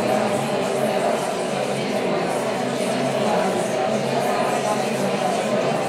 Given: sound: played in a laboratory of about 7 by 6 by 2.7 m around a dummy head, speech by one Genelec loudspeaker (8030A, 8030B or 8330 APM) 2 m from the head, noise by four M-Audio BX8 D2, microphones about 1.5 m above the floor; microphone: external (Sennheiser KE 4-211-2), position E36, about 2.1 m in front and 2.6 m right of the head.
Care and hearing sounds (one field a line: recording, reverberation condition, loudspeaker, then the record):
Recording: babble noise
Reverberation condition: high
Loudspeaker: four, about 170 cm from the corners of the room and facing them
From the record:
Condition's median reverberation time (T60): about 1300 ms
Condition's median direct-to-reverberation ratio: about -4.0 dB